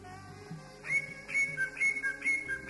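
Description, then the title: Oriental magpie-robin giving a brief run of clear whistled notes alternating between two pitches, sounding steadily after a short quiet start. "Kicau Kacer"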